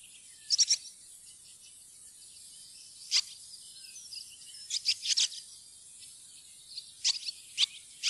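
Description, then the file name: Barn swallow calls: short, sharp high chirps, single or in small clusters, scattered irregularly with quiet gaps between. "laavesvale"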